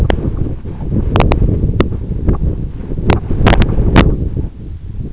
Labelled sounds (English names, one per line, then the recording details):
none
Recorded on Arctic tundra, site EABA-1, on 26 June 2018
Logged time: 04:00